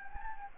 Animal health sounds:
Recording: mosquito wingbeat signal from an infrared sensor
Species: Anopheles gambiae

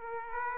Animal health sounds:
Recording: mosquito wingbeat signal from an infrared sensor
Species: Aedes aegypti

